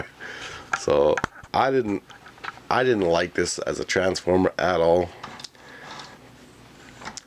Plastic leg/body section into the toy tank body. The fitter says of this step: and it's not totally clicked into place properly I don't wanna try to fidget